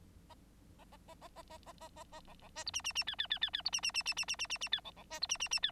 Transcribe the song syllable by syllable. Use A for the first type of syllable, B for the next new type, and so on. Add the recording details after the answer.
A A A A A A A A A A B B C D E E E F F F F F D E E E E E E E E E F B B C D E E E F. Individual Bird9